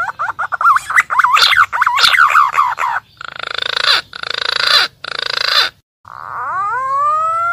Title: BURUNG PUNAI GACOR UNTUK PIKAT DI ALAM